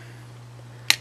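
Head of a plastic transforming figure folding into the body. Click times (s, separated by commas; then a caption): 0.9 s. The head of a plastic transforming robot figure (Blackout) is folded down into its locked position against a steady low hum. A single sharp, bright click at 0.9 s shows the head seating in place.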